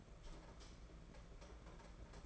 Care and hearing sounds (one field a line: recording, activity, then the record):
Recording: daily activity, microphone in the room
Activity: light off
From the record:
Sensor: 5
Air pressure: 992.1 hPa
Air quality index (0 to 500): 204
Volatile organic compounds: 1000 ppm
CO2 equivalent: 5909 ppm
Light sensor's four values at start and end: 8/20/8/8 and 8/19/7/8